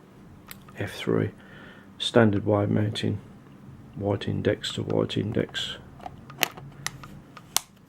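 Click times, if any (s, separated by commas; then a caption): 7.6 s. Someone talks while a Reflex Nikkor 500mm mirror telephoto lens is lined up index to index on the bayonet mount of an old Nikon F3 film SLR body and twisted on. Light ticks and scrapes of the lens turning follow the talking, and the bayonet lock clicks into place at 7.6 s, seating the lens.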